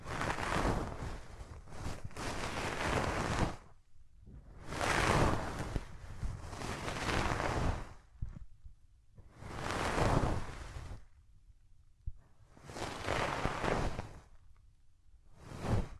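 Hands rub over the ears in slow, repeated strokes, each a thick, rushing swish lasting one to three seconds. Strokes come at about 0–3.5, 4.5–8, 9.5–11.5, 12.5–15 and again near 16 seconds, separated by brief quiet gaps. No voice is heard.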